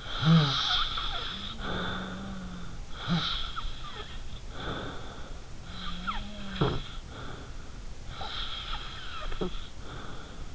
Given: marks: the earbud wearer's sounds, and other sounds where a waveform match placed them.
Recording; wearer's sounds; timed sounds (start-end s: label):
sounds in sleep by an in-ear microphone; snoring breath
0.00-2.74 s: snoring breath
1.15-2.74 s: sound from someone else or the room
2.97-5.47 s: snoring breath
5.66-7.73 s: sound from someone else or the room
5.70-7.73 s: snoring breath
8.14-10.55 s: snoring breath